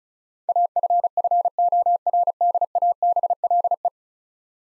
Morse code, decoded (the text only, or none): AFFORDABLE